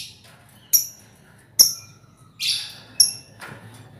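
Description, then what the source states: Lovebird with a few shrill high chirps, one of them buzzier and drawn out. Lovebird song in the style called ngekek, used as a lure song (kicau pancingan).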